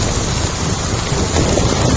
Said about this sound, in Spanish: Es sonido de la localidad sevillana de Lebrija, donde una tromba de agua ha ocasionado numerosas incidencias.